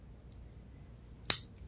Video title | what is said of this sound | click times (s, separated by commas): Unboxing the battle oxygen mouth guard/piece | to push it in there until you hear a snap, | 1.3 s